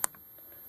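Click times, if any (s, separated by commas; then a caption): 0.0 s. The second quick-detach throw lever on an LT-104 metal scope mount is clamped onto a rifle rail, giving one sharp, short snap at 0.0 s followed by quiet room noise. The lever locks and the mount is fully seated.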